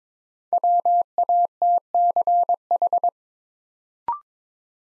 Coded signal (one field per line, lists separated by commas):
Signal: Morse code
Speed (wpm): 22 wpm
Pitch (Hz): 700 Hz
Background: none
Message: WATCH